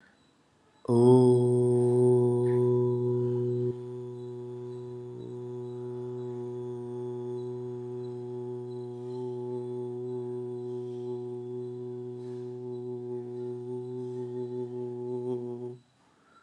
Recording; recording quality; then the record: sustained vowel as in boot; excellent, no background noise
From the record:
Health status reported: COVID-19 positive, mild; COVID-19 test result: positive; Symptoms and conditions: sore throat, fever, fatigue, muscle pain, loss of smell and taste, diarrhoea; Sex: male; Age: 35 years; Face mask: not worn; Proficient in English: yes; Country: India